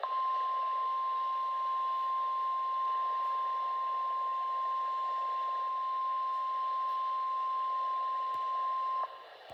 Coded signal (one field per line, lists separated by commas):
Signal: Emergency Alert System (SAME) tones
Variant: 1050 Hz attention tone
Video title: 2/14/26 Severe Thunderstorm Warning for Montgomery, Liberty, and Harris Counties (EAS #26)